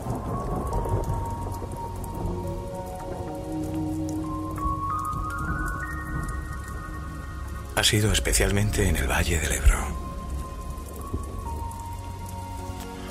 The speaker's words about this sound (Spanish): Es tiempo de tormentas.